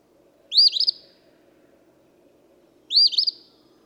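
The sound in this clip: Eastern phoebe giving two hoarse, burry phrases roughly two seconds apart against a quiet, steady low hum.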